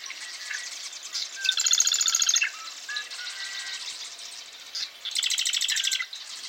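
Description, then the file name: Marsh Wren singing: two fast, buzzy rattling trills, each about a second long, with softer notes between them. Eastern Marsh Wren; male; recorded at a lake in Nebraska, United States. "Nebraska Eastern-male-at-Pony-Lake"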